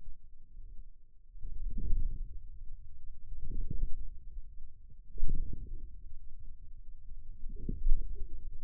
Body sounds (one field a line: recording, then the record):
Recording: forearm muscle sounds (acoustic myography)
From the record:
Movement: wrist flexion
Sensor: system 2, bracelet of six BSWA MPA416 microphones around the upper forearm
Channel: 1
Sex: male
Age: 22 years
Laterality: right